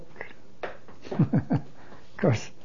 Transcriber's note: he laughs